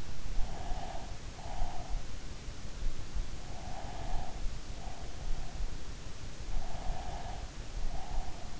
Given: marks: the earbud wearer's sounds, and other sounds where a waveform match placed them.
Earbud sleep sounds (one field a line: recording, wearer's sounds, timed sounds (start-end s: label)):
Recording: sounds in sleep by an in-ear microphone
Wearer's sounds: breath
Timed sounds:
0.40-2.08 s: breath
3.70-6.10 s: breath
6.79-8.60 s: breath